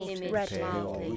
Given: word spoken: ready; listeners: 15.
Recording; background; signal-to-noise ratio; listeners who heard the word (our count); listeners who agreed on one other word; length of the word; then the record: one English word in noise, from a listening test; four-talker babble; -0.4 dB; 3 of 15; 6 of 15; 0.77 s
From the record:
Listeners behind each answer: 6, 3, 3, 2, 1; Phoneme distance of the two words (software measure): 40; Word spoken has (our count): 2 syllables, 4 phonemes, stress on syllable 1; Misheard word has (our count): 2 syllables, 4 phonemes, stress on syllable 1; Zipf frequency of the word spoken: 5.52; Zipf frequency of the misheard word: 4.64